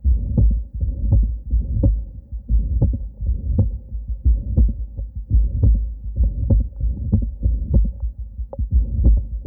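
Heart by stethoscope in a woman of about 50 with severe mitral regurgitation from ruptured mitral chordae tendineae and atrial flutter. Atrial flutter sounds are heard between the heartbeats, here with more high-frequency components; such flutter sounds are very rarely heard and easily missed.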